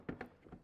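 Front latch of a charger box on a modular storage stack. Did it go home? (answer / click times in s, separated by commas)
yes / 0.1 s, 0.2 s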